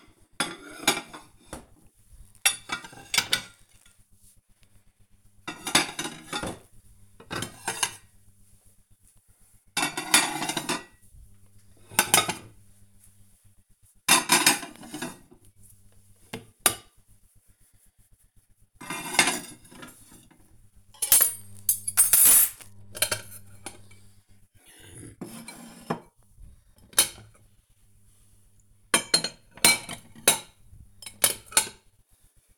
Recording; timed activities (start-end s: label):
household activities, microphone on the right wrist
0.00-32.58 s: putting away the dishes